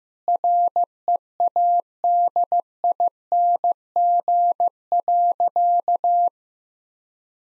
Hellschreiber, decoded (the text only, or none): none